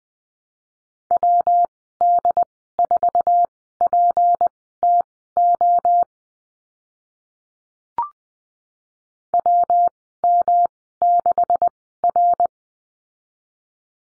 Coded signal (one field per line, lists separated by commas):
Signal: Morse code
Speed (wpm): 20 wpm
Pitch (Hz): 700 Hz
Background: none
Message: WD4PTO WM6R